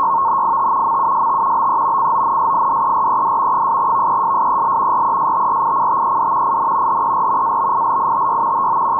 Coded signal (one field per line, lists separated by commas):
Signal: NAVTEX (SITOR-B)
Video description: NAVTEX Area 3 ID N from Piombino. Reports regarding Tyrrhenian Sea and Ligurian Sea. Decoded with fldigi.